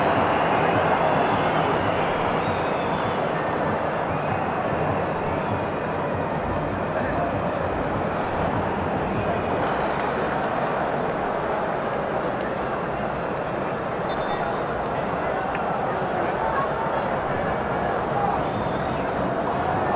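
A football stadium crowd at Wembley fills all twenty seconds with a dense, steady roar of many voices blending together. The level stays even throughout, with scattered brief clicks and clatters on top and a low rumble underneath.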